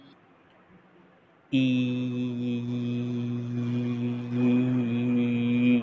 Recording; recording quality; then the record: sustained vowel as in beet; excellent, no background noise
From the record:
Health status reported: COVID-19 positive, mild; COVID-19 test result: positive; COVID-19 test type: RT-PCR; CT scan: not taken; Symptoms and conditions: cold, loss of smell and taste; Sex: male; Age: 21 years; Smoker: no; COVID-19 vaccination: both doses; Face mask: not worn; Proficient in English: yes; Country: India